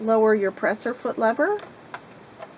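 Someone talks while handling a metal snap-on rolled hem presser foot placed under the shank of a sewing machine, as the presser foot lever is being lowered. Faint ticks follow near 1.6 s, 1.9 s and 2.4 s, but the foot has not yet snapped onto the shank and nothing has seated yet.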